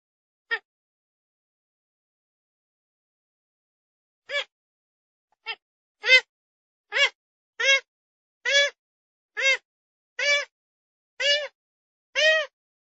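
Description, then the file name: Grey-headed swamphen calls, a few sparse quiet notes, then a steady run of loud nasal notes nearly once a second. "Tieng trich co"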